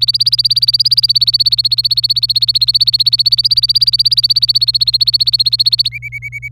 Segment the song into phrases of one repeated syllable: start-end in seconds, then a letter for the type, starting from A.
0.00-5.88 A, 5.92-6.48 B